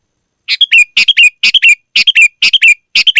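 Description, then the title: Sooty-headed bulbul song: a lively, bubbly three-note phrase repeated about twice a second, each ending in a short falling whistle. "kutilang"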